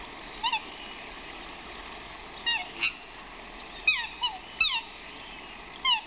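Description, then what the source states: Swans squawking: bursts of falling, harmonic honking calls in clusters of two or three, with brook noise running throughout. Swans squawking outdoors, with a brook in the background.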